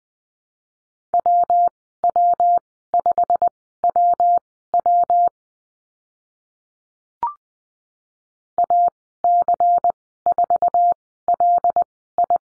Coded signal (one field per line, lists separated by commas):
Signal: Morse code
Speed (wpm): 19 wpm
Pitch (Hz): 700 Hz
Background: none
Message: WW5WW AC4LI